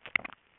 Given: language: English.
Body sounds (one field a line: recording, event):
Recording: throat vibration sensor signal played as sound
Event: swallow